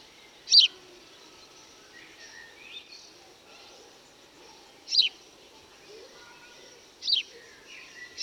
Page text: House Sparrows (Passer domesticus). Bozi e cantu di un biddisò